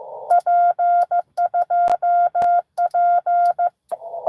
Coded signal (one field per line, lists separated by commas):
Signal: Morse code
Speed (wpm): 15 wpm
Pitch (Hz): 1410 Hz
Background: none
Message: P2P